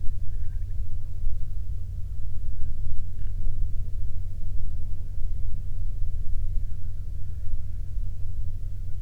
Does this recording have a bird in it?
yes